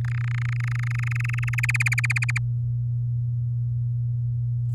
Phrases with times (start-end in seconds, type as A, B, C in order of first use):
0.04-1.55 A, 1.58-2.38 B